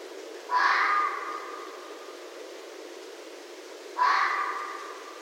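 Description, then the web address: Red fox giving two rasping, strained screams roughly three and a half seconds apart, loud at onset then fading, with faint background hiss. Recorded 7 December 2011. "Red Fox 2011 12 07"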